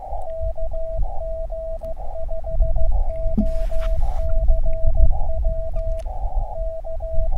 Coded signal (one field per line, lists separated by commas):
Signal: Morse code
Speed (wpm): 15 wpm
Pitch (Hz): 650 Hz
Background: radio noise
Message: KG5OCW K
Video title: QRP Ham Radio in central NM. CW Morse Code.